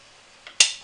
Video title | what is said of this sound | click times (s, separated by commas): Black Cherry Glazed Pork Belly with Rice Noodle Stir Fry | then you twist it until it clicks | 0.6 s